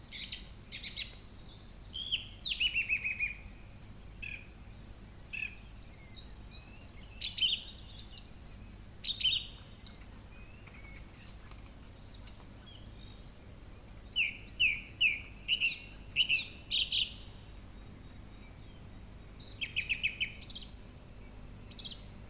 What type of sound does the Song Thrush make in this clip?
song